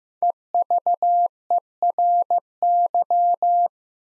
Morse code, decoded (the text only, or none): EVERY